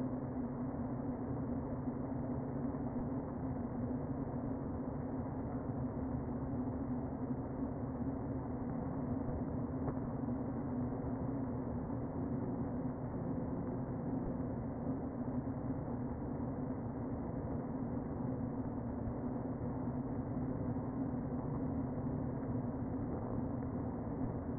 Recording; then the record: honeybee colony, microphone inside the hive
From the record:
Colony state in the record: queen present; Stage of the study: before two queens were removed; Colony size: about 60,000 bees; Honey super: yes